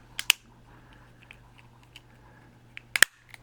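The plastic back cover of a Honda car key fob is pressed back onto the fob housing after a coin-cell battery change. Its clips give sharp, bright plastic snaps at 0.3 s and 3.0 s, each preceded by a softer click, over a low steady hum. The cover is seated and snapped shut.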